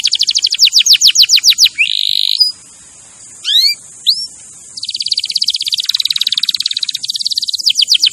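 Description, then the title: Canary song: fast descending trill, a buzzy held note, a pause with a few thin rising whistles, then long rolling trills. Champion canary song used as a master recording for training other birds. "Masteran Kenari Juara"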